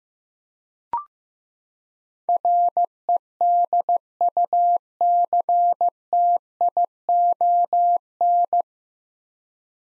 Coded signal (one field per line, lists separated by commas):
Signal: Morse code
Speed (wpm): 15 wpm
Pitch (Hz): 700 Hz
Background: none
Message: REDUCTION